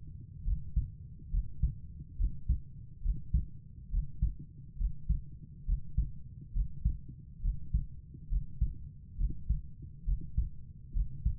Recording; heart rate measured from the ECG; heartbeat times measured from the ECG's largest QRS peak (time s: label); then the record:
heart sounds by stethoscope; 69 bpm
0.45 s: heartbeat
1.31 s: heartbeat
2.17 s: heartbeat
3.02 s: heartbeat
3.91 s: heartbeat
4.78 s: heartbeat
5.66 s: heartbeat
6.53 s: heartbeat
7.42 s: heartbeat
8.29 s: heartbeat
9.17 s: heartbeat
10.05 s: heartbeat
10.93 s: heartbeat
From the record:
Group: healthy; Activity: breath hold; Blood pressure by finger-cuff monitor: 112/62 mmHg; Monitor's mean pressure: 75 mmHg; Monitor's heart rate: 69 bpm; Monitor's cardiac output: 5.9 L/min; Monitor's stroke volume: 86 mL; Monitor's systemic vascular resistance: 920 dyn s/cm5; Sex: female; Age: 22 years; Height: 160 cm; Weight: 63 kg